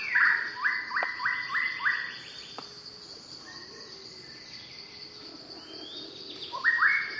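White-rumped shama opening with a run of repeated whistled notes, a pause, then another bright whistled phrase, against a constant insect drone.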